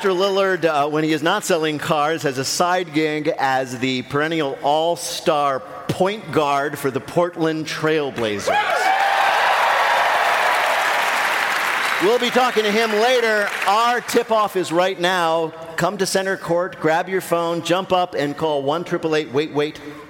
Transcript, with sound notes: Lillard, when he is not selling cars, has a side gig as the perennial all-star point guard for the Portland Trail Blazers.
(APPLAUSE)
We'll be talking to him later. Our tipoff is right now. Come to center court, grab your phone, jump up and call 1-888-WAIT-WAIT